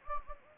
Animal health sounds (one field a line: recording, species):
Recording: mosquito wingbeat signal from an infrared sensor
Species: Anopheles gambiae